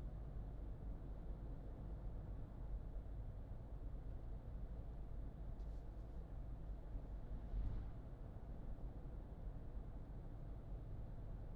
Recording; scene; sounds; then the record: everyday scene through a hearing-aid microphone; in a vehicle; engine, highway driving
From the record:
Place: Berlingo II, diesel engine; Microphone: in the ear canal, left